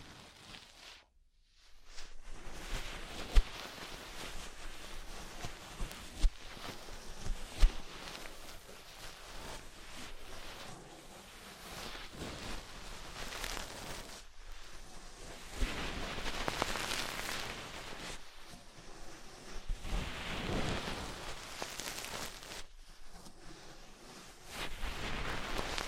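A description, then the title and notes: Deep ear cleaning: dense, crackling scratching and rubbing that sounds almost like rain, with sharp clicks near 3 and 7 seconds. After a brief silence at the start, it swells and fades in waves, briefly pausing around 14 and 18 seconds. ASMR Deep Ear Cleaning Session 1 Hr (No Talking).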